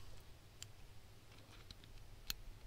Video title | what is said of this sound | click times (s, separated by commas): Installing AuxBeam 2 color LED Light Pods in my V10 Dodge 2500 | there we go clicks back in place so we'll go through | 2.3 s